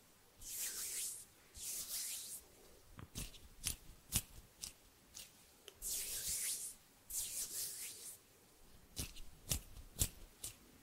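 Hand sounds: soft hissing rubs swell and fade in pairs near the start and again around six seconds, mostly bright and airy. Between them come sharp, dry snaps, single or in quick clusters, especially around three to four seconds and nine to ten seconds.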